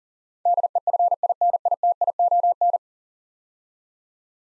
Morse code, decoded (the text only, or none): DEFINITION